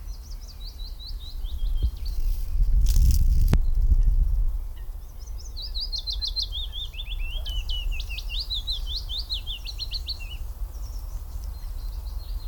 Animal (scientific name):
Phylloscopus trochilus